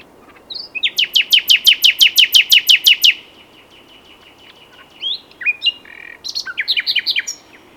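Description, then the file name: Common nightingale song opening with many loud, evenly spaced piping notes, then a thin sustained whistle, followed by choppy chirps and short trills. "Luscinia megarhynchos"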